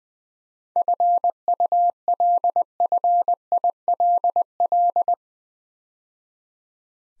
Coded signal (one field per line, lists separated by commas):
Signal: Morse code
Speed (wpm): 20 wpm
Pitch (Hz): 700 Hz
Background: none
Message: FULFILL